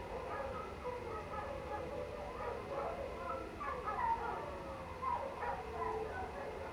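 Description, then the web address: Canine pack howling, many overlapping wavering howls and yips rising and falling together, over a steady rush of running water. Pack howling into the night outdoors, late night, cold winter air, beside a man-made water fountain. "Omar Alvarado - Minimal ambiences ambience outdoors late night, cold winter air, pack of canine howling into the night and man made water fountain"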